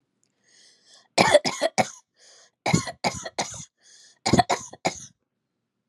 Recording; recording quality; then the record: shallow voluntary cough; excellent, no background noise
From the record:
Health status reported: healthy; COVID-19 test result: negative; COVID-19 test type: RT-PCR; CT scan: not taken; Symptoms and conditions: cold, sore throat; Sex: female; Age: 35 years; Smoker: no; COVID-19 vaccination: both doses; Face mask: not worn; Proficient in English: yes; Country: United States